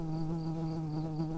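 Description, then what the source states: Early bumblebee buzzing, a steady low hum with a rich stack of overtones, unbroken and even in loudness throughout. Worker bumblebees.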